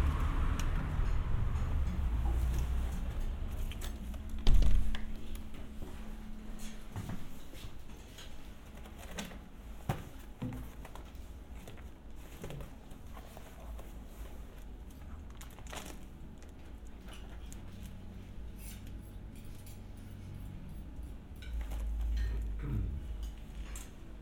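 A short walk into a restaurant and back out, with a low rumble at the start easing into a quieter room. Scattered clicks, knocks and dish-like clatters come through, with a loud bump near five seconds and the deep rumble returning near the end.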